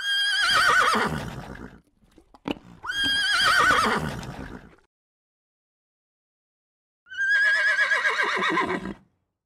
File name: Horse